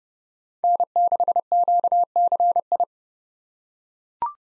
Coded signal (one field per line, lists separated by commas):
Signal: Morse code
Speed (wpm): 31 wpm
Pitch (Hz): 700 Hz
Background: none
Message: N6QCI